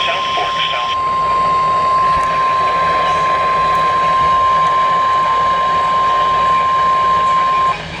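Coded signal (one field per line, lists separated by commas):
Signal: Emergency Alert System (SAME) tones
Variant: 1050 Hz attention tone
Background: speech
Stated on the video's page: Real alerts from a marginally tornadic severe weather day.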